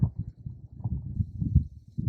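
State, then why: Not seated. A metal elevation turret cap is pressed down with light pressure onto the turret of a Vortex Strike Eagle 5x25x56 rifle scope while setting its zero stop. Low, muffled handling sounds and soft knocks are heard. Nothing has seated or clicked into place yet.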